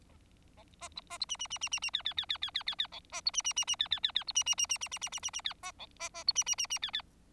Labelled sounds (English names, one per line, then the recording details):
Bengalese Finch song
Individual Bird4